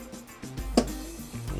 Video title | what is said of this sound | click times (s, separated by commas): ‼️ 🎥 How to make a CUSTOM BAMBOO DJI/GOPRO ‼️ mount for Boat Rod Holders | Once it locks in place, ain't going nowhere. | 0.8 s